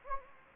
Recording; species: mosquito wingbeat signal from an infrared sensor; Anopheles gambiae